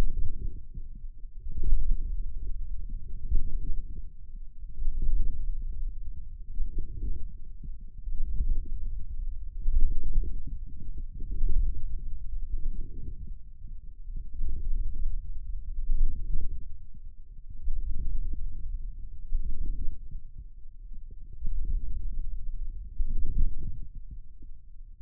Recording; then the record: forearm muscle sounds (acoustic myography)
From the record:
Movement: radial deviation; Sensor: system 2, bracelet of six BSWA MPA416 microphones around the upper forearm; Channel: 6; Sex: male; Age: 22 years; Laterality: right